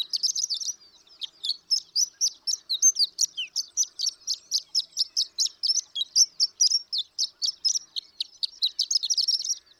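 Horned lark singing a continuous stream of high, sharp twittering notes after a short opening phrase and pause.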